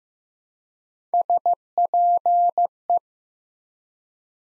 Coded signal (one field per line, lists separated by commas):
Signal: Morse code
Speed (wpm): 15 wpm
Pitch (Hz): 700 Hz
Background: none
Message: SPE